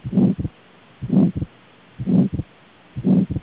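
Adult heart sounds, heard through a stethoscope, at about 60 beats per minute. Each beat has a louder, longer first sound followed by a shorter second sound.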